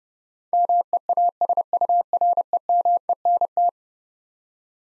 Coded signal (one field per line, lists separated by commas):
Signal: Morse code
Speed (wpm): 30 wpm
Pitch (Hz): 700 Hz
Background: none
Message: MEASUREMENT